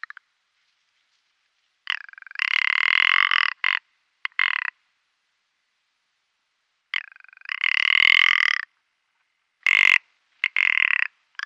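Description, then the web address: Ptarmigan giving rough, rattling display croaks in two long bursts about five seconds apart, each followed by shorter grating notes. Male display. "Schulze Peter Ptarmigan"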